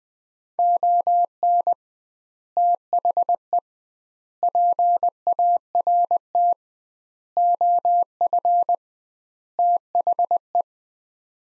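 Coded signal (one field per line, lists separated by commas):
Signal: Morse code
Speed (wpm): 21 wpm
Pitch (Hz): 700 Hz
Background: none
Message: ON THE PART OF THE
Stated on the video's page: Morse practice of five-word sets sent at 20 WPM with double word spacing, a word-level analogue of Farnsworth spacing, for head-copy training.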